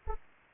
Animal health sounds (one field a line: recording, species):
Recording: mosquito wingbeat signal from an infrared sensor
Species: Anopheles arabiensis